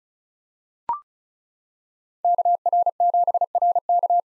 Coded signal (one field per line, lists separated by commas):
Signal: Morse code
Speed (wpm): 36 wpm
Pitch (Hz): 700 Hz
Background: none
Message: KR7RK